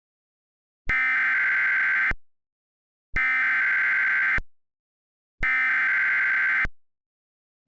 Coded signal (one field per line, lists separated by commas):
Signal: Emergency Alert System (SAME) tones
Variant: header bursts